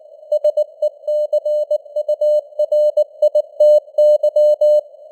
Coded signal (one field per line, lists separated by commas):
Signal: Morse code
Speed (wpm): 19 wpm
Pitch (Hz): 600 Hz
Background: none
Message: SECURITY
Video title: Morse Code News | 2026-01-15 | 19wpm